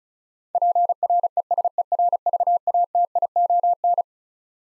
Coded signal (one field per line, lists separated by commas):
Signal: Morse code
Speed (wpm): 36 wpm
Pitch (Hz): 700 Hz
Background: none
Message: PRESERVATION